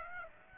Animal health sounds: mosquito wingbeat signal from an infrared sensor; Aedes aegypti

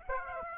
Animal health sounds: mosquito wingbeat signal from an infrared sensor; Aedes aegypti

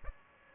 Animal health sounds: mosquito wingbeat signal from an infrared sensor; Culex pipiens

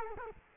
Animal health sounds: mosquito wingbeat signal from an infrared sensor; Culex quinquefasciatus

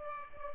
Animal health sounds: mosquito wingbeat signal from an infrared sensor; Culex pipiens

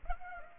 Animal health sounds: mosquito wingbeat signal from an infrared sensor; Culex pipiens

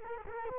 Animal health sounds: mosquito wingbeat signal from an infrared sensor; Culex quinquefasciatus

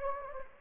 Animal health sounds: mosquito wingbeat signal from an infrared sensor; Anopheles gambiae

